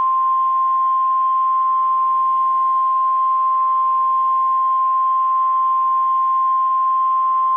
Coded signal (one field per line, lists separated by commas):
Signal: Emergency Alert System (SAME) tones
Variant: 1050 Hz attention tone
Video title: EAS Scenario #15 - The Moon is Falling: Redone Edition